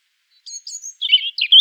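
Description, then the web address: European Robin giving a brief phrase: two thin high whistles followed by lower, rich warbled notes, lasting barely over a second. "erithacus rubecula call"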